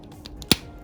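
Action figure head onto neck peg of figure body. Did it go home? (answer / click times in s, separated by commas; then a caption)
yes / 0.5 s. A plastic action figure head is pushed onto the neck peg of a Scouter Vegeta 2.0 figure body. A few faint ticks come before a single sharp click at 0.5 s, and the head seats on the peg.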